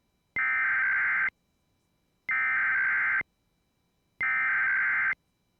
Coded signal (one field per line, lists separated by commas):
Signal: Emergency Alert System (SAME) tones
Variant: header bursts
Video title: EAS Blue Alert on WJON IP Radio